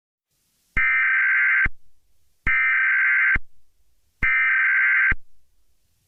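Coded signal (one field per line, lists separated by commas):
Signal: Emergency Alert System (SAME) tones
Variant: header bursts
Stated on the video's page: Fake EAS alarm.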